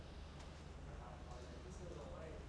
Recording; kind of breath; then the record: one breath in and out by a microphone near the nose and mouth; normal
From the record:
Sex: male